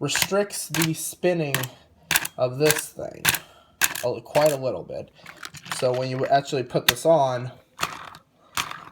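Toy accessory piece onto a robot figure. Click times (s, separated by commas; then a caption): 7.8 s. Someone talks while fitting the DX Otomonin No. 3 Surfermaru toy part (Shuriken Sentai Ninninger) onto the main robot figure. A sharp plastic click at 7.8 s marks the part locking on, followed by a few smaller clicks. The piece is seated, which frees a wheel to spin.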